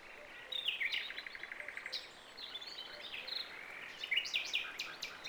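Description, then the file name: Birds singing, high chirps and rapid trills with a quick buzzy run of notes, in short bursts over a steady hiss of background noise. "birds no battle"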